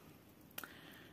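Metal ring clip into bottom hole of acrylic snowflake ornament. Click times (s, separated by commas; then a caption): 0.6 s. A metal ring clip is set straight and pushed toward the back into the bottom hole of an acrylic snowflake ornament. A faint tick comes first, then a sharp, bright click at about 0.6 s, followed by a smaller tick just after, over a quiet background. The clip clicks into place and is seated in the bottom of the ornament.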